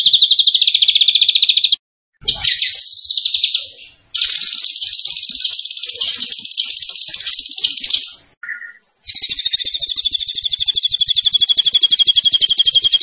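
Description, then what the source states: Zebra finch song: long, fast, buzzy high trills linked with short gaps and a brief lower note, running almost without pause. Caged songbird known locally as tembakan, singing vigorously (gacor); master recording made for training other cage birds.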